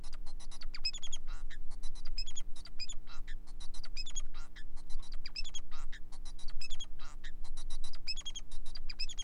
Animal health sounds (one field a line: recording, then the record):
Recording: song of a male Bengalese finch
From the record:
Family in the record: son of father 4